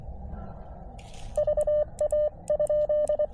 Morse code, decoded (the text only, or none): VA?